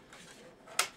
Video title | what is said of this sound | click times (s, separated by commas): *AIRSOFT HOBBY* - Keeper's Weapon Spotlight: Matrix Pulse Rifle | locks there and it's all the way in but all the way out it's got a pretty good rest | 0.8 s